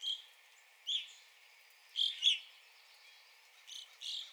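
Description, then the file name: Evening grosbeak calls: short, bright, slightly burry notes given singly and in a quick pair, with irregular gaps of about a second between them. Recorded 9 April 2021. "2021-04-09 Evening Grosbeak"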